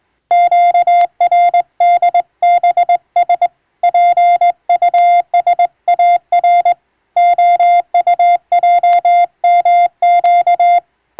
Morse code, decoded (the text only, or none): QRDBS PUSAR OUJMQ